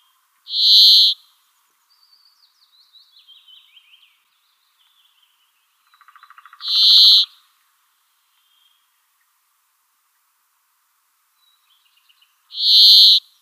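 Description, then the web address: Brambling song: three loud, rasping buzz notes about six seconds apart, with quieter twittering and a brief trill between them. "Schulze Peter Brambling song"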